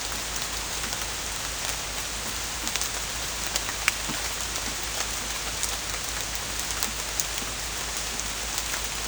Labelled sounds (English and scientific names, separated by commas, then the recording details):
none
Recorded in dense forest near Puerto Asís, Putumayo, Colombia, on 21 December 2024 at 15:00
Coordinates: 0.481, -76.323
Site G100